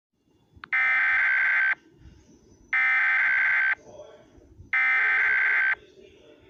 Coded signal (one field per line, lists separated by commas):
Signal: Emergency Alert System (SAME) tones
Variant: header bursts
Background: speech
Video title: Morenami (An EAS Scenario)